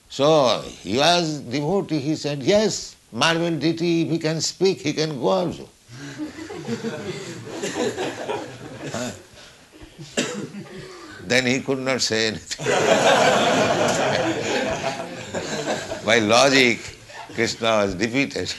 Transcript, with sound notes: So he was devotee, he said, "Yes, marble Deity, if He can speak, He can go also." Then He could not say anything. [laughter] By logic, Kṛṣṇa was defeated.